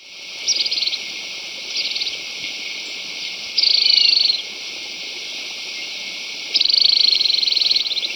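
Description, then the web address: Tufted tit-tyrant giving high, dry buzzy trills in four bursts, two fainter and two louder, lasting from under a second to nearly two seconds, over a quiet background. Recorded in Ecuador. "Birds of Ecuador 2. Tufted Tit-Tyrant"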